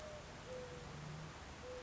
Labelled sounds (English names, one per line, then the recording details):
Mourning Dove
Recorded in Sonoma County, California